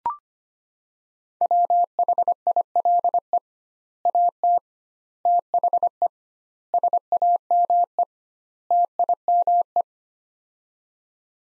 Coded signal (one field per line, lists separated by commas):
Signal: Morse code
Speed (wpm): 25 wpm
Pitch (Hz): 700 Hz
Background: none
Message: WHILE AT THE SAME TIME